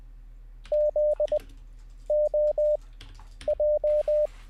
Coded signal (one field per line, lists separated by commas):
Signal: Morse code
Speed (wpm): 20 wpm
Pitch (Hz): 600 Hz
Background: none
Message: Z O J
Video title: How To Learn Morse Code LIVE with N0SSC (Day 13)